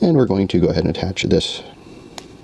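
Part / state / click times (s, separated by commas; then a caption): plastic brick onto the car model / seated / 2.2 s. Someone talks as a plastic brick is attached onto a plastic building-brick car model, then a single crisp, short snap is heard at 2.2 s as the brick clicks into place and seats.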